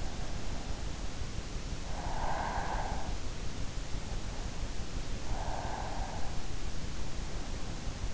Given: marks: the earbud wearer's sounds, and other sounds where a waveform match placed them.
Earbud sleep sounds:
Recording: sounds in sleep by an in-ear microphone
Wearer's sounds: breath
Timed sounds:
1.98-3.35 s: breath

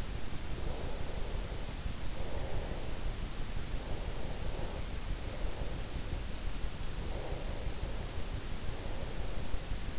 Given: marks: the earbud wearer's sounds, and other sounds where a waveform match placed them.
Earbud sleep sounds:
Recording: sounds in sleep by an in-ear microphone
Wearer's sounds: breath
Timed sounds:
0.00-3.77 s: breath
4.00-6.34 s: breath
6.69-9.99 s: breath

